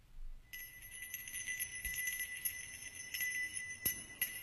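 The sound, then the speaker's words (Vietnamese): A man performs a ritual: a bright, sustained bell rings with shimmering high overtones, while a few sharp, hollow taps on a wooden fish strike irregularly beneath it; no voices. “Tay ông khẽ gõ lên cái mõ keng cùng cục, rồi dùng cái chuông leng ca leng keng.”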